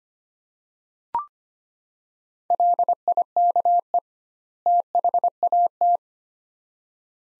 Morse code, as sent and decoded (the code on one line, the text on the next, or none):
.-.. .. -.- . / - .... .- -
LIKE THAT